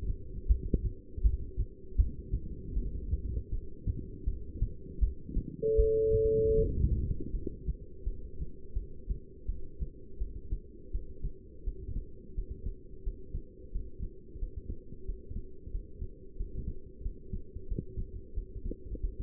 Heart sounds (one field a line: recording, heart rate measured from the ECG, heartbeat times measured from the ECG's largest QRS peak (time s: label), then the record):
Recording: heart sounds by stethoscope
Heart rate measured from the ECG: 84 bpm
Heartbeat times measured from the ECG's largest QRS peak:
0.48 s: heartbeat
1.22 s: heartbeat
1.97 s: heartbeat
2.75 s: heartbeat
3.51 s: heartbeat
4.25 s: heartbeat
5.00 s: heartbeat
5.77 s: heartbeat
6.55 s: heartbeat
7.32 s: heartbeat
8.05 s: heartbeat
8.75 s: heartbeat
9.47 s: heartbeat
10.19 s: heartbeat
10.92 s: heartbeat
11.65 s: heartbeat
12.35 s: heartbeat
13.04 s: heartbeat
13.72 s: heartbeat
14.39 s: heartbeat
15.06 s: heartbeat
15.71 s: heartbeat
16.37 s: heartbeat
17.02 s: heartbeat
17.68 s: heartbeat
18.34 s: heartbeat
19.01 s: heartbeat
From the record:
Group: heart failure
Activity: rest 0-5 s, Valsalva maneuver 5-19 s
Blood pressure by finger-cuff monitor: 169/107 mmHg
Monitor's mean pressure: 128 mmHg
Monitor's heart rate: 83 bpm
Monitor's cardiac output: 8 L/min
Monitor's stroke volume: 97 mL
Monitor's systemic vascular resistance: 1180 dyn s/cm5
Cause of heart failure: non-ischemic cardiomyopathy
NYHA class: 1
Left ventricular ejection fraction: 62%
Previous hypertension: present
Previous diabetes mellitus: present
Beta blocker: bisoprolol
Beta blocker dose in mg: 10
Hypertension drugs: sacubitril-valsartan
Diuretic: furosemide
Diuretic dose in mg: 20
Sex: male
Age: 49 years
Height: 167 cm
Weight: 110 kg